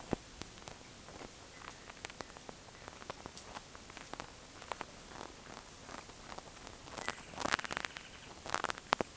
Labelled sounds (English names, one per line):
none